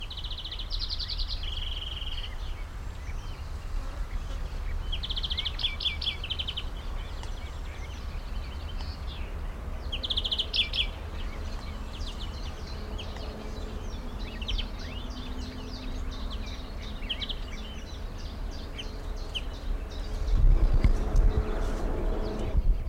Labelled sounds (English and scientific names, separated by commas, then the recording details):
European Greenfinch (Chloris chloris)
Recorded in the wild
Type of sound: song, call, call sequence, twittering
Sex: male
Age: adult
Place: Karower Teiche, Naturpark Barnim, Berlin, DE
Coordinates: 52.624, 13.462
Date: 1993-05-20
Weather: heiter, 22-25°C
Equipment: Marantz CP 430, Sennheiser ME 80, Kopie Uher Variocord 263
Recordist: Tembrock, Günter
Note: Kurz singend